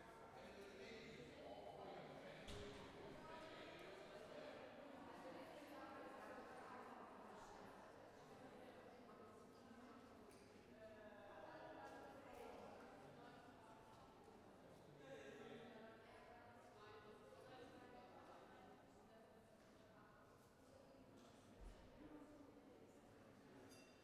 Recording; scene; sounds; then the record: everyday scene through a hearing-aid microphone; reverberant space; background noise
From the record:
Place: railway station hall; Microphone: behind the ear, left, front